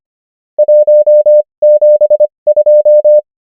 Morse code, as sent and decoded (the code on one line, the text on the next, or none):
.---- --... ..---
172